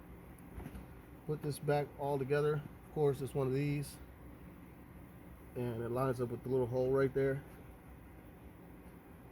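A tail light assembly is lined up with a small locating hole in the car body during a brake light replacement on a 2001–2005 Civic, before it is put in place. Someone talks in two bursts over a steady low background hum, with no impact sound. Nothing has seated or clicked yet.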